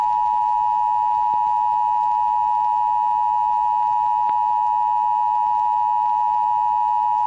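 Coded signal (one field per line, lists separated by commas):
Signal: Emergency Alert System (SAME) tones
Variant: 853 and 960 Hz attention tone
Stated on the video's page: Fictional EAS scenario tones.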